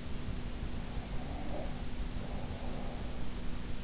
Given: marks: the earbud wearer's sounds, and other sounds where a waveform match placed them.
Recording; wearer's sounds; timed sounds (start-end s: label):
sounds in sleep by an in-ear microphone; breath
0.79-3.37 s: breath